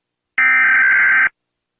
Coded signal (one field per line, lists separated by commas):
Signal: Emergency Alert System (SAME) tones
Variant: header bursts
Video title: Rating Countries EAS Alarms (old)